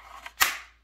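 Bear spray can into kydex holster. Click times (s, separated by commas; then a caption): 0.3 s, 0.4 s. A 7.9- to 8-ounce bear spray can, the size made by Counter Assault and UDAP, is pushed into a molded Kydex plastic holster and snaps into its retention. A lighter click at 0.3 s is followed by a sharper, louder snap at 0.4 s that fades over about half a second. The can is seated in the holster.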